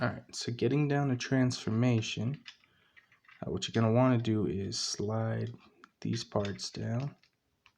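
Someone talks while handling a Transformers Bravo Class Ratchet toy robot, sliding its plastic limb parts down into the body during transformation, with a few faint ticks of plastic handling around 2.6 to 3.1 seconds. The parts have not yet clicked into place, and nothing has seated by the end of the clip.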